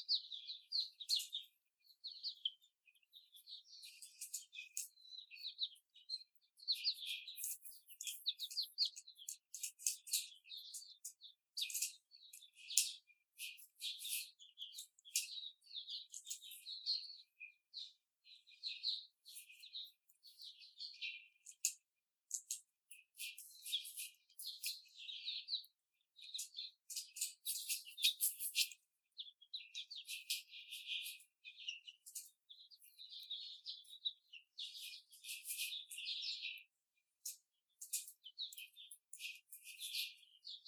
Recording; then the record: young laying hens in a cage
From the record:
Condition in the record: before the stressor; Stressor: simulated dog barking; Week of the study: 4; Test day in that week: 2